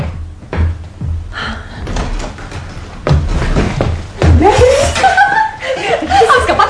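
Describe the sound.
A door sound effect in a radio play, with a few dull thuds and knocks, followed by people chuckling and talking over it.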